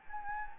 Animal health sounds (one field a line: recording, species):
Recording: mosquito wingbeat signal from an infrared sensor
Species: Anopheles gambiae